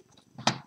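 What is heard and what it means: A plastic side panel of a building-brick model is pressed onto its clip on the model's hull so that it lies flat. Faint rustling and a low scrape build from about 0.4 s into a single sharp, bright click at 0.5 s that quickly decays. The panel seats and clips in flat.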